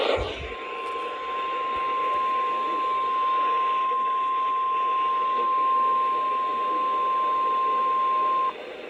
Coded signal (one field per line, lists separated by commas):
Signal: Emergency Alert System (SAME) tones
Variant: 1050 Hz attention tone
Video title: EAS #3358-3359 Severe Thunderstorm Warning on KXI41 and WCLR (7-10-25)